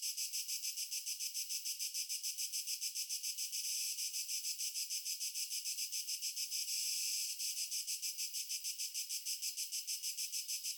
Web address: GDC 2023-Game Audio Bundle Stefano Cremona - Pure Nature Ambiences Crickets